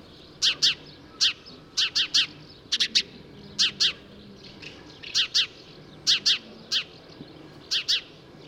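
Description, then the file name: House sparrow chirping: short, bright chirps in pairs and triplets, repeated with brief pauses between bursts. "Passer domesticus"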